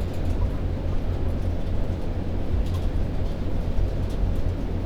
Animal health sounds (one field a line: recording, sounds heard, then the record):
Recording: poultry house recording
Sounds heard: healthy chickens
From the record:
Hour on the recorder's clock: 22